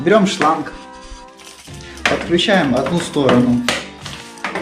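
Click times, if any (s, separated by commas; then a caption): none. A flushing hose's quick-connect coupling is being handled toward the pump outlet of a homemade heat-exchanger flushing booster while music plays and someone talks. Several short knocks and handling sounds are heard near the end, but nothing has seated or clicked yet.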